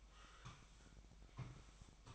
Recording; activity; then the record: daily activity, microphone in the room; sweep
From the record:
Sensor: 1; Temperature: 24.7 degrees Celsius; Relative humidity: 39.7%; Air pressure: 1001.6 hPa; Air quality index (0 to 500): 220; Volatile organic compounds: 29 ppm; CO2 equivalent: 2933 ppm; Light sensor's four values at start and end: 8/29/10/11 and 8/29/10/11